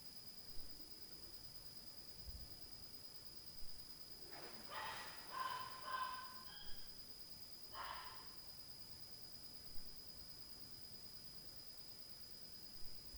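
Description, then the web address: Dog giving a short series of barks, a tight group of three or four followed by a single bark, with a constant high-pitched hum and faint clicks between. Dog at night, 2022. "Night Noise 07-05 DOG"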